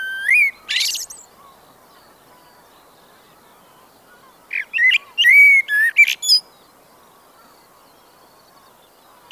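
Blackbird song: a couple of brief opening notes, a long pause, then a phrase of fluting whistles and high scratchy twitters, another note starting at the end.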